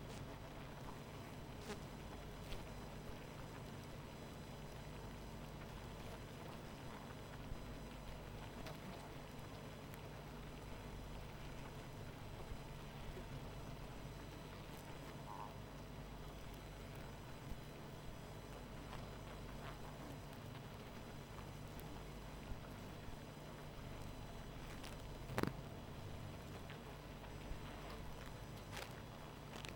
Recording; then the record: honeybee colony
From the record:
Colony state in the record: missing queen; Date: 14 July 2017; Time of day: 19:31